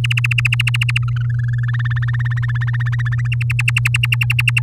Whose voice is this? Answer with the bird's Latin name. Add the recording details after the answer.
Serinus canaria. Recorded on 8 May 2018 at 14:49. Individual llb16